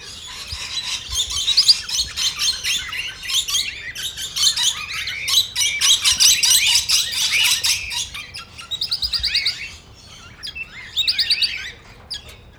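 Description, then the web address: Parrots in rapid chatter, a dense stream of squeaky notes, then two short buzzy rattles of fast repeated clicks. Parrots (plural) at Nyíregyháza Zoo, recorded in 2010, on top of the green pyramid. "allathangok nyiregyhazizoo 2010 standardt madarak papagajokazoldpiramistetejen"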